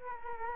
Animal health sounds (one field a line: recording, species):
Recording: mosquito wingbeat signal from an infrared sensor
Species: Culex quinquefasciatus